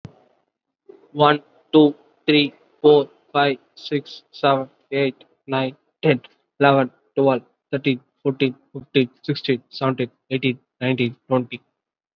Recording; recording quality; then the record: counting at a normal pace; excellent, no background noise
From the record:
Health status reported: COVID-19 positive, moderate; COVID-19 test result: positive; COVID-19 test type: RT-PCR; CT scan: not taken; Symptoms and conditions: cough, cold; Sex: male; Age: 25 years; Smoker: no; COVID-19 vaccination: one dose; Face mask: worn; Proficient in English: yes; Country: India